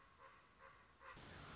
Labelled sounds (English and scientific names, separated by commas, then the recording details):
Common Raven (Corvus corax)
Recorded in Sonoma County, California